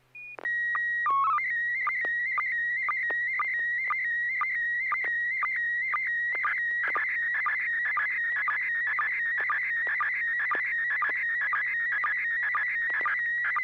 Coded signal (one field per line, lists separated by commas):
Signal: SSTV (slow-scan television)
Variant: PD 120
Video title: N6NA SSTV Net - 09/03/2025